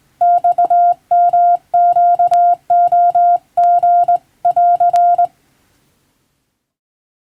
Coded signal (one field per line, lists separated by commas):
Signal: Morse code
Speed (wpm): 19 wpm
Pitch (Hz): 700 Hz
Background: none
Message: XMQOG<AR>